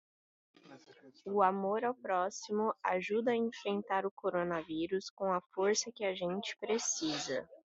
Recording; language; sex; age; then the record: spoken sentence; Brazilian Portuguese; female; 20 to 29 years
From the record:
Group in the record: control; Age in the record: 22 years